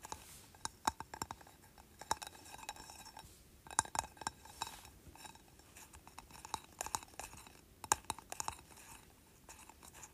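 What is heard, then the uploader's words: Fingernails tap on a candle in quick, uneven bursts, each tap a sharp, bright click with a glassy ring. The taps cluster in flurries around the second, fourth and eighth seconds, with softer scratchy rubbing filling the gaps over a quiet background. ASMR Tapping Candle.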